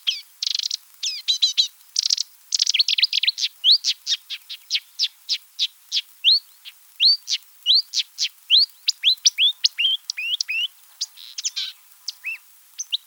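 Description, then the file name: Marsh Warbler song, fast continuous stream of varied chirps, trills and rising notes, with scratchy buzzy bursts at the start, no gaps longer than a fraction of a second. Recorded 7 July 1984 in a marsh in France. "Rousserolle verderolle 1000 25 marais-Frane"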